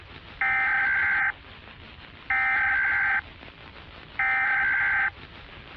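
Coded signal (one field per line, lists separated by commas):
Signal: Emergency Alert System (SAME) tones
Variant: header bursts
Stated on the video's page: Fictional zombie outbreak EAS scenario, analog horror, possibly containing valid tones.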